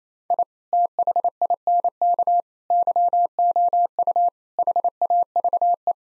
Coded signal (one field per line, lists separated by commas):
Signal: Morse code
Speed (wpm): 27 wpm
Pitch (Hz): 700 Hz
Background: none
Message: I THINK YOU HAVE